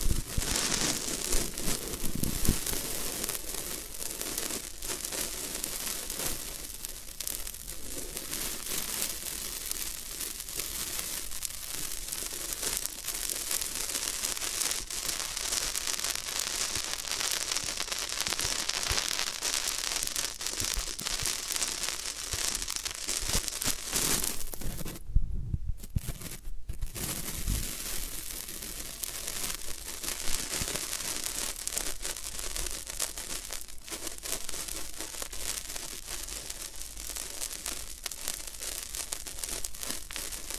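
Floral foam is crushed and crumbled in a dense, continuous stream of fine crackles and crisp crunching for the whole clip. The texture is bright and busy, with brief near-silent breaks around 25 and 26 seconds before the crumbling resumes at the same steady pace.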